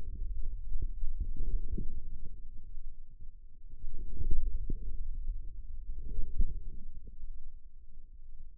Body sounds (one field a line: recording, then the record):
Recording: forearm muscle sounds (acoustic myography)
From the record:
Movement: inward rotation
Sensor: system 2, bracelet of six BSWA MPA416 microphones around the upper forearm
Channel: 2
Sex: male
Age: 22 years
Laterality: right